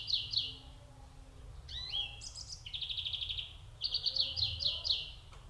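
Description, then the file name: European greenfinch singing a varied mix of chirps, short sweeping notes and rapid rattling trills, several phrases in quick succession against low background hum. "Chloris chloris"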